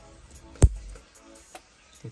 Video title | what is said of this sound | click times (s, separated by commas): Pasang kamera mundur Avanza 2022 - Ada syarat wajib yang perlu diketahui !! | tekan saja sampaikan lock dan Sable tidak akan dapat keluar lagi udah terkuncinya | 0.6 s